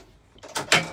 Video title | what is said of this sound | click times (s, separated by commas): Kimberley Karavan Walkthrough Tour | That's locked into place, and that's as easy as it is. | 0.7 s